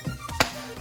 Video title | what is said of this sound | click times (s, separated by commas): How to Install and Use "CREATIVE BABY CRUISER 2 IN 1 WALKER" | there you go that's the click guys | 0.4 s